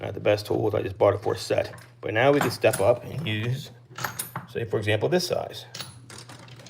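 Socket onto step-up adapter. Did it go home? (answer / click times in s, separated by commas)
yes / 6.1 s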